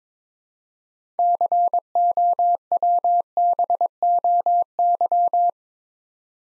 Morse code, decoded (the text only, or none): COWBOY